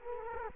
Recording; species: mosquito wingbeat signal from an infrared sensor; Culex quinquefasciatus